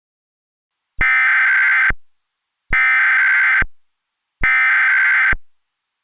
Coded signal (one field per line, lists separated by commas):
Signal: Emergency Alert System (SAME) tones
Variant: header bursts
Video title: (Zombie Virus EAS Scenario) - The Awakening [ft. Harvester]